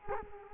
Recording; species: mosquito wingbeat signal from an infrared sensor; Culex quinquefasciatus